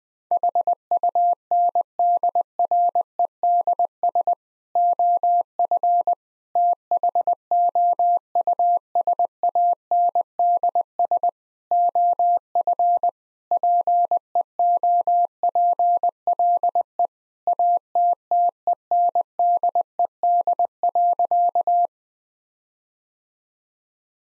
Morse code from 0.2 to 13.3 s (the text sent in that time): HUNDREDS OF THOUSANDS OF